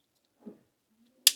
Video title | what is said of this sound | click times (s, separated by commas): FINALLY Got This Done! DIY PV Junction Box for My Solar Setup | and snap multiples together, having a whole row of these. | 1.3 s